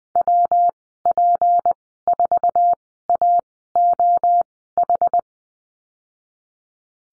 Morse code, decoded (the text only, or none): WP4AOH